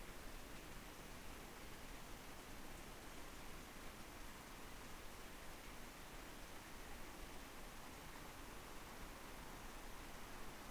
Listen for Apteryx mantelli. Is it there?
no